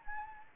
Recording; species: mosquito wingbeat signal from an infrared sensor; Anopheles gambiae